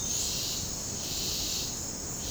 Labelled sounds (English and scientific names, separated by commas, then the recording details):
none
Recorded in dense forest near Puerto Asís, Putumayo, Colombia, on 18 February 2024 at 17:00
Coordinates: 0.503, -76.322
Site G6418